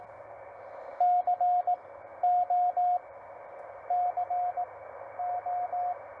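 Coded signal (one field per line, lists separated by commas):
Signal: Morse code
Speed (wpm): 17 wpm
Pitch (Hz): 690 Hz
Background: radio noise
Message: CO CO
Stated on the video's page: Morse from a Parks on the Air activation with a TR45L Skinny radio, MC-750 vertical whip with four radials, Bamatech TP III key and battery power.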